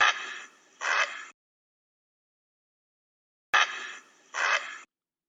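Heron giving two harsh, rasping squawks in quick succession, a silence of over two seconds, then another pair of grating squawks.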